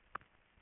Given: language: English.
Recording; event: throat vibration sensor signal played as sound; swallow